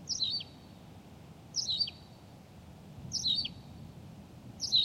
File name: Pipit rousseline Anthus campestris